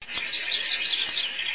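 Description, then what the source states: Bird flight calls: a dense run of high, thin chirps lasting about a second and a half, with a few faint low thumps underneath. Nocturnal flight call.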